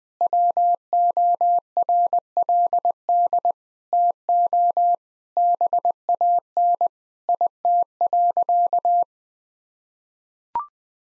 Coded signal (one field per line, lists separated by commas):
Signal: Morse code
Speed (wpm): 21 wpm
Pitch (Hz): 700 Hz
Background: none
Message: WORLD TO BAN IT.